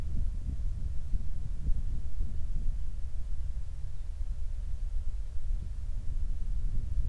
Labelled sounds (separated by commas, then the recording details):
wind
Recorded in the Prudhoe Bay oil fields, Alaska, on 28 July 2019 at 05:22
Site 25